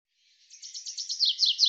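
Bird chirping, a quick series of high, thin notes that grow steadily louder over under two seconds.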